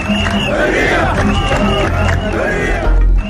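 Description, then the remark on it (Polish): A large crowd chants "Hurriya" (freedom) joyfully in loud, rhythmic unison after the president was overthrown, many voices rising and falling together in repeated cheering phrases, with a dense roar of voices underneath throughout. “Tłum skandował radosne Hurriya, czyli wolność,”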